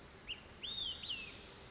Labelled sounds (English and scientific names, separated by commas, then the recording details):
Olive-sided Flycatcher (Contopus cooperi)
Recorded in Sonoma County, California